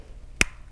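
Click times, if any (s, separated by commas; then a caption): 0.4 s. The hinge of a sterling silver cuff bracelet is closed right next to a microphone. A single sharp, bright snap sounds at 0.4 s over a quiet background. The hinge snaps shut and locks into place.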